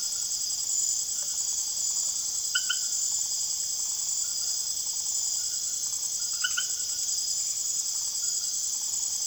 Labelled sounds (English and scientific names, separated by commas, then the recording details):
none
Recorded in secondary vegetation near Puerto Asís, Putumayo, Colombia, on 24 June 2025 at 20:30
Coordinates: 0.489, -76.322
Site G021